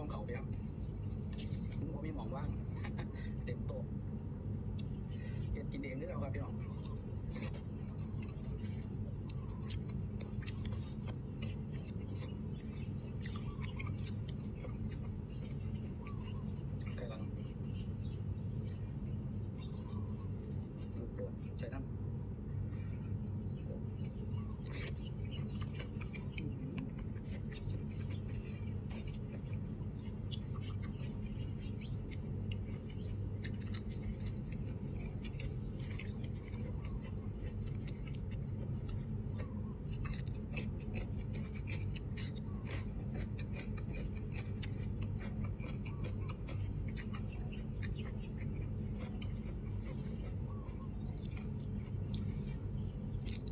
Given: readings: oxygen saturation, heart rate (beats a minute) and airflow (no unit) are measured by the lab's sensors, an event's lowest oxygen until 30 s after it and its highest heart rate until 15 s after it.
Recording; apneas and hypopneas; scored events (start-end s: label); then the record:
a person awake in a sleep study, by a smartphone at the bedside; none
0.00-53.52 s: awake
From the record:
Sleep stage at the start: awake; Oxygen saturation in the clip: 95%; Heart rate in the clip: 73 to 78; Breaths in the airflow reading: 13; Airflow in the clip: -3.3 to 4.6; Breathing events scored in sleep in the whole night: 131 in 7.2 hours asleep